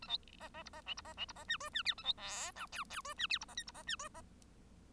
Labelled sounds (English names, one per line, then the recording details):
Bengalese Finch song
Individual Bird1